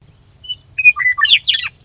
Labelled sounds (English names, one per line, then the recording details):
Western Meadowlark
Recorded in Sonoma County, California